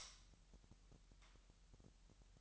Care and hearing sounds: daily activity, microphone in the room; light off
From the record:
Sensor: 3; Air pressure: 1001.9 hPa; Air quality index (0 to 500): 245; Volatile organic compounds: 47 ppm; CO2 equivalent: 3261 ppm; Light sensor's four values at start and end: 12/32/13/12 and 6/13/5/5

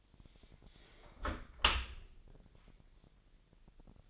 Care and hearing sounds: daily activity, microphone in the room; close dishwasher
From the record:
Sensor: 5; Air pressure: 1000.7 hPa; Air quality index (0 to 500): 248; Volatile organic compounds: 34 ppm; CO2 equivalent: 3044 ppm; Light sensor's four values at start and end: 31/71/28/26 and 31/72/29/27

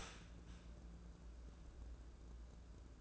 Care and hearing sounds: daily activity, microphone in the room; start toaster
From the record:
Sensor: 2

